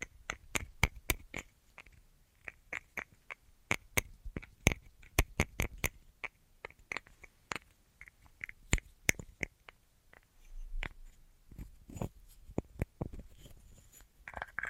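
Quick, uneven taps and clicks come in clusters throughout, sharp and bright, with pauses between bursts and a soft low rumble near eleven seconds.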